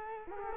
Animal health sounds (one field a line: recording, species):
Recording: mosquito wingbeat signal from an infrared sensor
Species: Culex quinquefasciatus